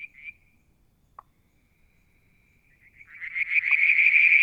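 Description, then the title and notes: Frogs: brief frog note, then near silence with a single click, before a frog chorus of rapid pulsed calls builds up steadily and grows loud. Striped marsh frog, Verreaux's tree frog and an unidentified frog; Mount Wilson, New South Wales, Australia; July 2022; evening near a water tank. "Frog song, Mount Wilson, New South Wales, Australia in July 2022 – by Alexander Moffatt. Limnodynastes Peronii, Litoria Verreauxii and a mystery frog one evening near the water tank"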